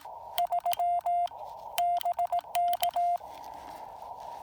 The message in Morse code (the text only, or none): 3 BK